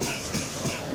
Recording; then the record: coughing mixed with background sound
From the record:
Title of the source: Spring Cold Coughing 2